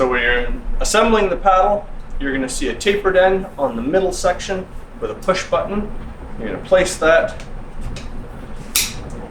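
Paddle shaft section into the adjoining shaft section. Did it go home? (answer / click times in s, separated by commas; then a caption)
yes / 8.8 s. Someone talks while assembling the paddle for a Drift Aero paddleboard, pushing the tapered end of the middle shaft section, which has a push button, into the adjoining shaft section. A sharp click is heard at 8.8 s as the push button snaps into its hole and the section seats.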